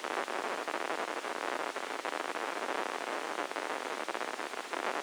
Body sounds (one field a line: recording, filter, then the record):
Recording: brain microelectrode recording played as sound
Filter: spike band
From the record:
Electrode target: subthalamic nucleus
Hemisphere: left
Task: reaching with the right hand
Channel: 1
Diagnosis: Parkinson's disease